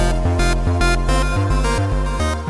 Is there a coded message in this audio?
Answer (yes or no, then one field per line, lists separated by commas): no